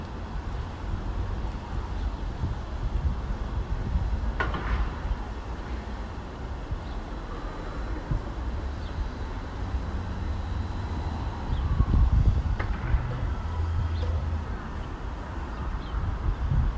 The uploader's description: Alongside the Rail Trail in South End